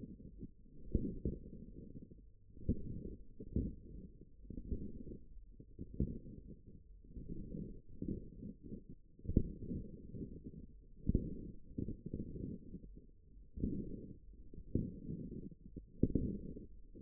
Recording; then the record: forearm muscle sounds (acoustic myography)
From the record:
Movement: forearm supination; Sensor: system 1, eight BSWA MPA416 microphones around the upper forearm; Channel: 3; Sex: male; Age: 54 years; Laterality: right